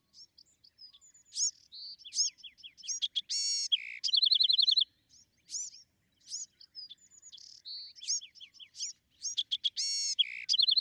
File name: Bewick's Wren